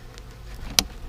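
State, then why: Seated. A plastic piece is pressed over the bottom tab on the door of a bee package cage, and it clicks over the catch with a sharp snap at 0.8 s. A faint buzzing hum fills the background. The tab is seated and the door is ready to open.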